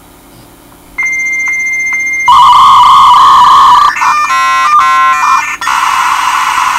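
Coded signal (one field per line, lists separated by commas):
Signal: dial-up modem handshake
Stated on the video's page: Zoom 0349C V.92 dial-up modem dialing and connecting.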